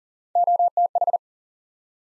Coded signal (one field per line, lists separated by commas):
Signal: Morse code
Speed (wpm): 38 wpm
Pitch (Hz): 700 Hz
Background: none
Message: OTH